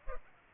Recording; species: mosquito wingbeat signal from an infrared sensor; Culex pipiens